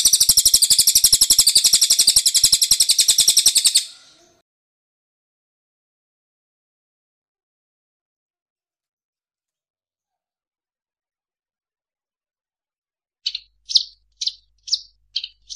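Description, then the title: Bird song: a dense, rapid stream of high, sharp chirps for about four seconds, then a long silence, then a few spaced, clipped chirps near the end. Birdsong for masteran training. "Masteran Burung"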